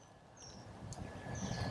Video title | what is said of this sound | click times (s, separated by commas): Blue Force Gear uLoop - Universal Sling Mount | and it snaps in place here. | 0.9 s